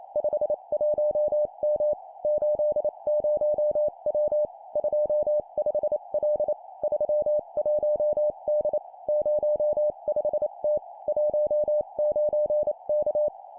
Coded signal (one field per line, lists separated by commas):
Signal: Morse code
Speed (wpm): 28 wpm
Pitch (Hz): 600 Hz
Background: none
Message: 51M 80W 25L 31D 05T 19K